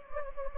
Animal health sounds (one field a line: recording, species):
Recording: mosquito wingbeat signal from an infrared sensor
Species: Anopheles gambiae